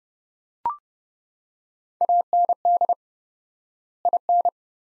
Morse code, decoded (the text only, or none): AND IN